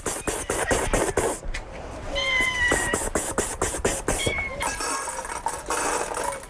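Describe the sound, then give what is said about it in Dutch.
Several cats meow over one another in overlapping high, wavering cries, set against a steady run of sharp rhythmic clicks and taps, with no one speaking; abandoned cats being fed at kibbutz Nir Oz, near the Gaza Strip in Israel. “Ze geeft er de katten te eten die massaal werden achtergelaten in de chaos waarin de bewoners op 7 oktober vertrokken.”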